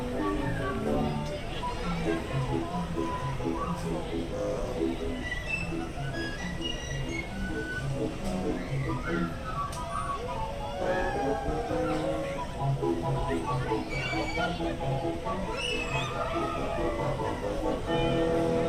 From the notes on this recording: the sounds/ambience found on both the Mad Tea Party and Alice in Wonderland attractions